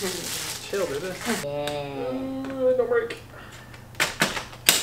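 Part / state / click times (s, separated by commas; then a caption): bassinet frame piece into plastic clip joint / seated / 4.7 s. Someone talks while a bassinet frame piece is pushed into its plastic clip joint, with a couple of small knocks at about 4.0 and 4.2 s. The piece then snaps into the clip with a sharp click at 4.7 s and is seated.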